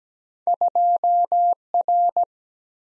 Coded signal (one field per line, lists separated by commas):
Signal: Morse code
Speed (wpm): 17 wpm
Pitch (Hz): 700 Hz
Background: none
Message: 2R